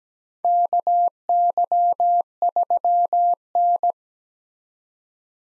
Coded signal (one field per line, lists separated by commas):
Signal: Morse code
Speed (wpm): 17 wpm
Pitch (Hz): 700 Hz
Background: none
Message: KY3N